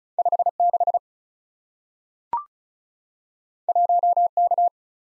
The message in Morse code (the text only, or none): 56 1K